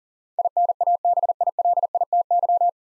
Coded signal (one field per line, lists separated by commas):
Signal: Morse code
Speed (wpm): 37 wpm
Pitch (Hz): 700 Hz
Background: none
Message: INABILITY